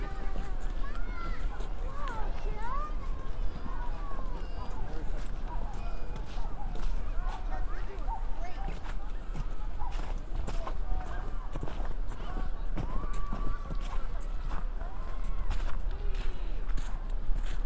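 Walking through Central Park after a snowstorm, with a steady murmur of many people talking and children's voices rising and falling throughout. Sharp clicks and knocks break in every second or so, and a low rumble runs constantly underneath.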